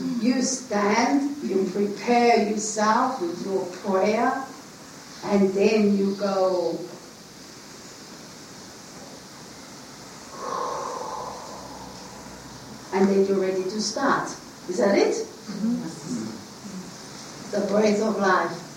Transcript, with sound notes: You stand, you prepare yourself, you do a prayer and then you go... (breaths in and releases the breath to breathe out) And then you are ready to start. Is that it? The Breath of Life.